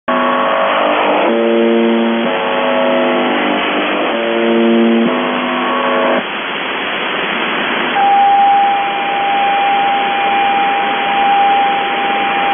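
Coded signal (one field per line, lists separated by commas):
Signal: channel marker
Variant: UVB-76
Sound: two harsh low buzzes with a short gap, then hiss, then a steady whistle tone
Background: radio static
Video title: The Buzzer/UVB-76(4625Khz) August 26, 2021 Voice messages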